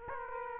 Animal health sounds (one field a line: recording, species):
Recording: mosquito wingbeat signal from an infrared sensor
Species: Aedes aegypti